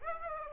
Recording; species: mosquito wingbeat signal from an infrared sensor; Aedes aegypti